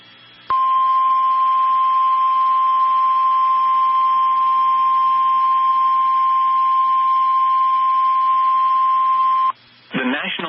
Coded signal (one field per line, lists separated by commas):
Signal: Emergency Alert System (SAME) tones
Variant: 1050 Hz attention tone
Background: speech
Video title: Corrupted Files... Yayyyy... | EAS #350-355 (Severe Weather Alerts from 1/27-28/2024)